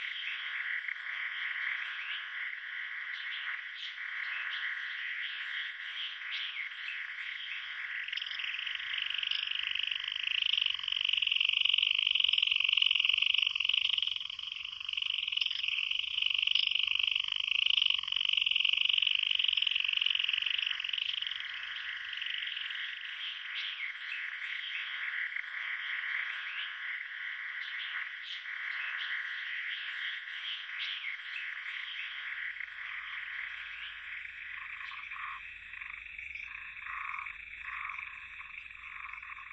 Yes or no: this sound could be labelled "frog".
yes